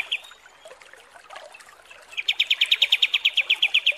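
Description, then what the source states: Kapas tembak song: soft scattered chirps, then a steady rapid trill of repeated bright notes running to the end. Masteran training recording of kapas tembak song.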